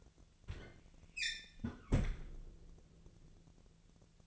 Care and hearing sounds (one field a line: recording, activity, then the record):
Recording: daily activity, microphone in the room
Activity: close fridge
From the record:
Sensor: 4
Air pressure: 1000.9 hPa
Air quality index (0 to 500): 126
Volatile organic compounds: 1 ppm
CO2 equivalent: 944 ppm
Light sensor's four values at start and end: 31/74/31/33 and 32/78/33/35